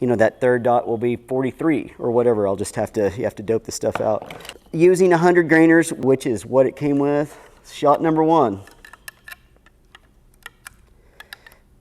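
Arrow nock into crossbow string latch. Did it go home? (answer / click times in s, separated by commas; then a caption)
no / none. Someone talks for about the first 8.7 seconds while an arrow with a 100-grain point is loaded onto a cocked Ravin R18 crossbow, its nock being pushed back toward the string latch. The speech is followed by a few sharp, light handling ticks near 9.1, 9.3, 10.5, 10.7 and 11.3 seconds. The arrow nock has not yet seated or clicked into the latch.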